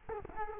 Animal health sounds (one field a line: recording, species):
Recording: mosquito wingbeat signal from an infrared sensor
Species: Culex quinquefasciatus